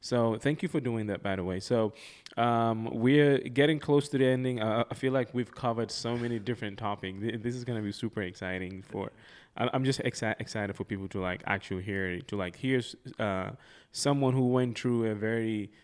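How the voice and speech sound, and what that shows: A man speaks at an even, low pitch in conversational bursts. He has hard glottal starts and repeats words ("I'm, I'm", "excited, excited", "to like hear, to like hear"), with a few stretched sounds and fillers. These are mild stuttering disfluencies in otherwise fluent speech.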